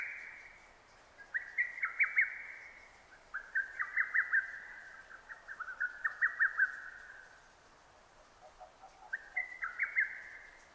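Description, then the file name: Lesser cuckoo giving several rapid runs of staccato whistled notes, some phrases nearly run together. Recorded 6 June 2009. "hototogisu-20090606"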